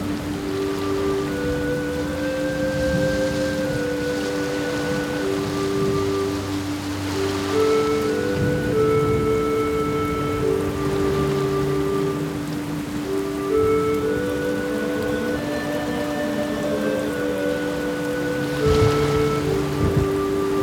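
Steady rain hisses throughout while soft sustained music plays over a low constant drone, with occasional slightly louder gusts near the end.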